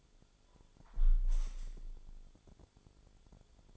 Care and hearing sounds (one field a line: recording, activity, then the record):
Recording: daily activity, microphone in the room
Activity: close window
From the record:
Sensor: 5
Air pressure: 1015.0 hPa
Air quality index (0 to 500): 96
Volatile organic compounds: 2 ppm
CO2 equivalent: 1032 ppm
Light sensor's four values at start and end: 35/80/32/31 and 35/80/32/31